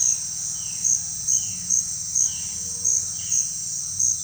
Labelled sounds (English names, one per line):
none